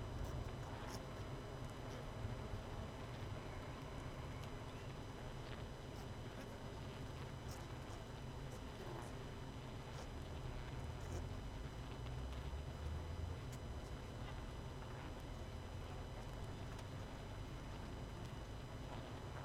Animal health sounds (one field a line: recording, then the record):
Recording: honeybee colony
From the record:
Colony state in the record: missing queen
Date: 31 May 2018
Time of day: 18:32